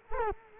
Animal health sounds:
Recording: mosquito wingbeat signal from an infrared sensor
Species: Culex quinquefasciatus

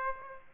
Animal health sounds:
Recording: mosquito wingbeat signal from an infrared sensor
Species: Aedes aegypti

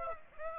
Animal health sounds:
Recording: mosquito wingbeat signal from an infrared sensor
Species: Aedes aegypti

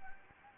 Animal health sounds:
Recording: mosquito wingbeat signal from an infrared sensor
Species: Anopheles gambiae

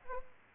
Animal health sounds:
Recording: mosquito wingbeat signal from an infrared sensor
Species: Aedes aegypti

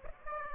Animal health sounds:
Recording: mosquito wingbeat signal from an infrared sensor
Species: Aedes aegypti

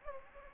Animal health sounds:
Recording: mosquito wingbeat signal from an infrared sensor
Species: Anopheles gambiae

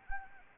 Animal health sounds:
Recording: mosquito wingbeat signal from an infrared sensor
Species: Anopheles arabiensis

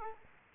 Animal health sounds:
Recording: mosquito wingbeat signal from an infrared sensor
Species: Culex quinquefasciatus

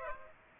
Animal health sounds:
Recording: mosquito wingbeat signal from an infrared sensor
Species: Aedes aegypti

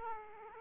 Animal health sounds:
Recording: mosquito wingbeat signal from an infrared sensor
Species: Aedes aegypti

